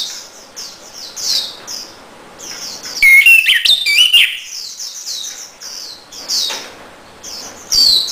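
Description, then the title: Orange-headed thrush song: a loud, quick phrase of varied, slurred notes in the middle, surrounded by repeated thin, high chirps throughout. Song to lure and stimulate a bird that has stopped singing. "Anis Merah Macet.. Pancing Dengan Suara Ini.. # Anis Merah"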